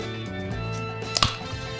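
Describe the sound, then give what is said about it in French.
A can of pink grapefruit fizzy drink is cracked open: one sharp metallic pop followed by a short hiss, rising briefly above a steady low, tonal hum with no talking. “Donc en tant que tel, on devrait entendre le son d'une canette pétillante.”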